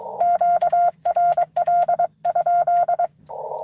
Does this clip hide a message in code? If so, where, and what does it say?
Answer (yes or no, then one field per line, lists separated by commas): yes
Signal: Morse code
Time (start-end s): 0.2-3.1 s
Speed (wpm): 23 wpm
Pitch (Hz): 700 Hz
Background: none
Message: QRL?